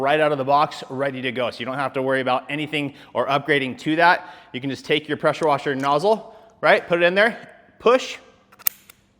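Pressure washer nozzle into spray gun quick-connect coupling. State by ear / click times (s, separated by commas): seated / 8.7 s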